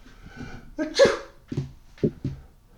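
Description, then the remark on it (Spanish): A long-haired Persian cat sneezes: a single sharp, breathy sneeze bursts out after a short inhale, followed by two quieter, clipped breathy sounds, with no talking. “Siendo conocida entonces como la gata que estornuda con la nariz muy roja.”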